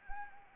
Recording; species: mosquito wingbeat signal from an infrared sensor; Anopheles arabiensis